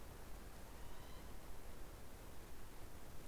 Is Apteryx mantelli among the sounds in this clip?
no